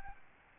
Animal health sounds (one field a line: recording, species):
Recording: mosquito wingbeat signal from an infrared sensor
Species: Aedes albopictus